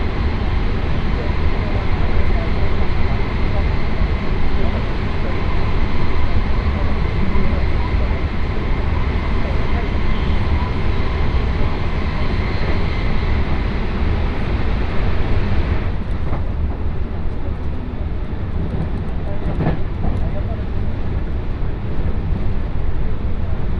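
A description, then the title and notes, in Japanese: A Tokaido Line special rapid train runs between Kusatsu and Shin-Osaka with a steady, heavy low rumble and a constant rushing roar throughout. Around sixteen seconds the upper hiss drops away and the ride sounds duller, with a brief knock near twenty seconds. 耳で楽しむ鉄道旅 東海道本線新快速 草津→新大阪。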